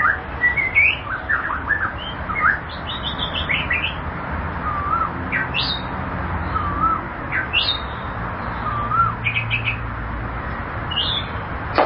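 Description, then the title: White-rumped shama song: varied chirps and short trills interspersed with a few soft looping whistles, over low background hum. "Kicau Murai Batu"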